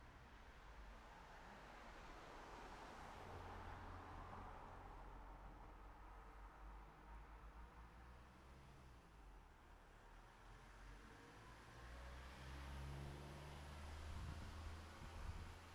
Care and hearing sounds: everyday scene through a hearing-aid microphone; in traffic; traffic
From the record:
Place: city secondary road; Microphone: behind the ear, right, front

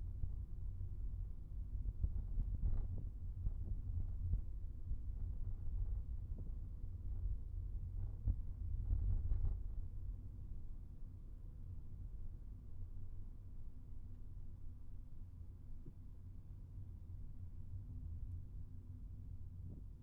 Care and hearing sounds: everyday scene through a hearing-aid microphone; in a vehicle; engine, rumble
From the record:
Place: Skoda Fabia, gasoline engine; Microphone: behind the ear, right, front

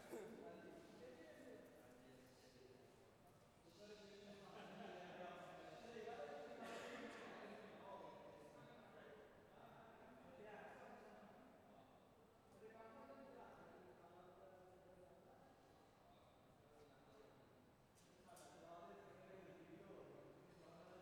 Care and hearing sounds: everyday scene through a hearing-aid microphone; reverberant space; background noise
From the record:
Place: railway station hall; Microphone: behind the ear, left, rear

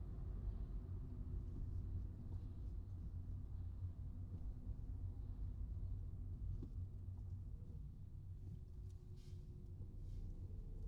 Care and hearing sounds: everyday scene through a hearing-aid microphone; in a vehicle; engine, traffic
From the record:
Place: Skoda Fabia, gasoline engine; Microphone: in the ear canal, right

